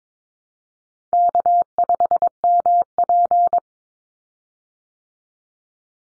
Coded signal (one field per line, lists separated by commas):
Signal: Morse code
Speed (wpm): 22 wpm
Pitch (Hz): 700 Hz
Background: none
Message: K5MP